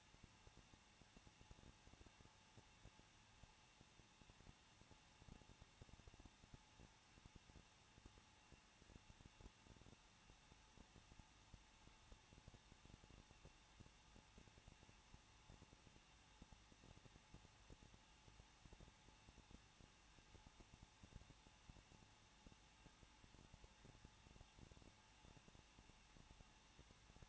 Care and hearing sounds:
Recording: daily activity, microphone in the room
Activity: no activity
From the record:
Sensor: 1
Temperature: 20.1 degrees Celsius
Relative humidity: 39.1%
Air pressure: 1006.3 hPa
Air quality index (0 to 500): 217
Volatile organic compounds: 75 ppm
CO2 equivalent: 3568 ppm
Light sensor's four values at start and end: 1/2/1/1 and 1/2/1/1

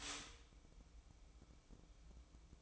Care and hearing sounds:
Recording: daily activity, microphone in the room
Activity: stop toaster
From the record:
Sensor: 1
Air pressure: 1007.1 hPa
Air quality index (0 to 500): 72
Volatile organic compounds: 1 ppm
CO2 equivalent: 652 ppm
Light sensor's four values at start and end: 8/18/7/8 and 8/18/7/8

